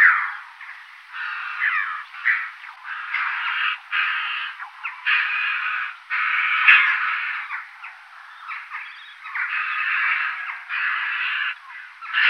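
Red-billed chough calls, harsh scratchy notes tumbling over one another almost without pause, rising and falling in loudness.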